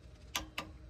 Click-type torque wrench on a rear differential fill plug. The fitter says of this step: 38 foot-lbs. Hear the click.